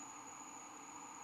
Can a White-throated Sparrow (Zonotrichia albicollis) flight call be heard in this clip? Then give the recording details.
no. No flight call is heard. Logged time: 11:41 on 15 December 2014